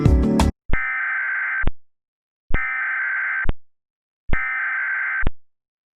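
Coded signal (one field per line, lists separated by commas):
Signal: Emergency Alert System (SAME) tones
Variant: header bursts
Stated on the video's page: EAS reenactment mock of a tornado warning with valid EAS tones, simulated.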